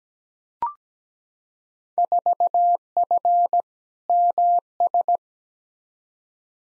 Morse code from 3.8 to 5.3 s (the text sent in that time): MS